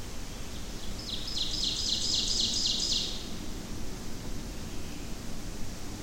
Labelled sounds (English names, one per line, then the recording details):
Ovenbird song
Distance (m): 30 m
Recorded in boreal forest in Alberta, Canada, on 25 June 2016 at 08:25
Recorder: SongMeter 3, array SBT-6-76
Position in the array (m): 14 m, 110 m
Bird 2